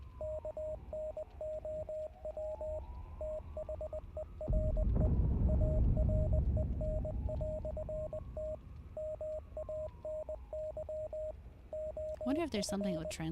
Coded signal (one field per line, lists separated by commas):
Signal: Morse code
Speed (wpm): 20 wpm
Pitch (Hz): 620 Hz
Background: speech, radio noise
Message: KNOW THERE AREN"T MANY OF